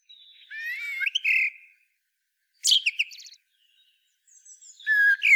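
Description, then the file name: Common blackbird giving three short phrases: a warbled fluty note ending in a rough chatter, then a squeaky twittering burst, then a thin high whistle sliding down. "Turdus merula"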